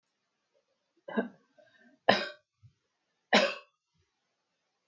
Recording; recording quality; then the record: shallow voluntary cough; excellent, no background noise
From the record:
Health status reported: healthy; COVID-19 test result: negative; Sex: female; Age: 37 years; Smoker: yes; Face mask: not worn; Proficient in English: yes